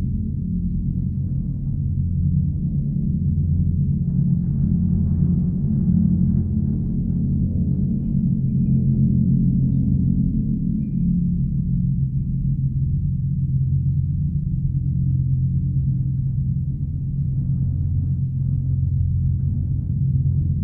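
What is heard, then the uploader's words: A wire fence drones in the wind, a deep, steady hum made of several low tones layered together, like a gong that keeps ringing. The pitch wavers slightly and swells now and then, with faint buzzy flutters above, but it never stops over the whole stretch. Bavelaw Wire fence drone. Contact mic recording of a wire fence on a windy day. JrF contact mics into Sound Devices 633.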